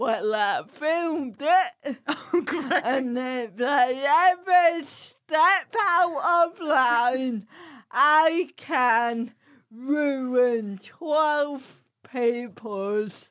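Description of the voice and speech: An adult woman speaking slowly, in drawn-out speech with stretched vowels and a nasal tone: dysarthria from cerebral palsy.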